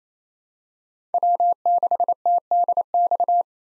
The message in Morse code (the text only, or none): W6TDX